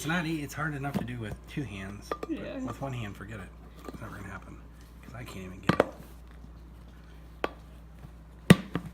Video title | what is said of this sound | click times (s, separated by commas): Tumbling Rocks from Crater of Diamonds State Park | All right, there. I heard it pop. | 8.5 s